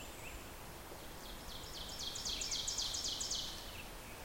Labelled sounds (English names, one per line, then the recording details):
Ovenbird song
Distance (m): 65 m
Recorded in boreal forest in Alberta, Canada, on 14 June 2016 at 06:03
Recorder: SongMeter 3, array SBT-3-33
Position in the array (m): 108 m, 20 m
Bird 21